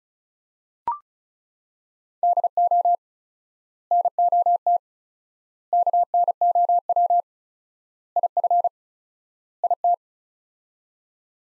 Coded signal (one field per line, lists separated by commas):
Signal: Morse code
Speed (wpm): 36 wpm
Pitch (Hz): 700 Hz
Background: none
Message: DO NOT KNOW IF IT